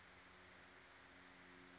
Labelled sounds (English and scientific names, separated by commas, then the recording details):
Band-tailed Pigeon (Patagioenas fasciata)
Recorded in Sonoma County, California